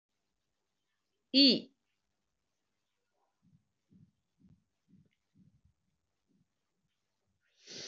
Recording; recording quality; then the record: sustained vowel as in beet; excellent, no background noise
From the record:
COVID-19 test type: RT-PCR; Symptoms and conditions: cough, cold, sore throat, fatigue, muscle pain, loss of smell and taste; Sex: female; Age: 26 years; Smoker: no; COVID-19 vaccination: one dose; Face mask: worn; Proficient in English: yes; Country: India